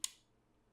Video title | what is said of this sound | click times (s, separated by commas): Nemesis Reviews Transformers Power of the Primes Autobot Jazz | push this forward till they click into place | 0.0 s